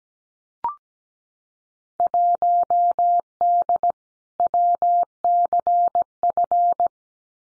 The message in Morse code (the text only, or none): 1D WCF